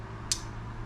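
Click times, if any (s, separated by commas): 0.3 s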